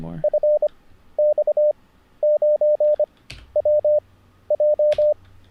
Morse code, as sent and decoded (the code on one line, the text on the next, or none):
..-. -..- ----. .-- .---
FX9WJ